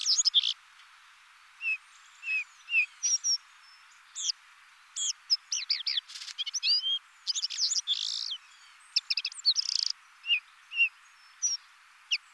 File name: Rougequeue Noir